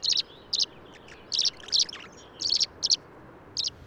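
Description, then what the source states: Tree swallow calls: short high liquid chirps and twitters in small clusters, irregularly spaced, over faint background hiss. Tree swallows that come up along the creek in summer, Mastic, Long Island, New York.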